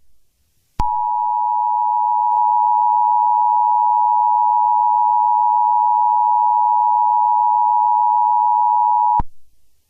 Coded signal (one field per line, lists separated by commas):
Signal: Emergency Alert System (SAME) tones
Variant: 853 and 960 Hz attention tone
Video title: [EAS SCENARIO] CHINESE AMERICAN WAR : a remake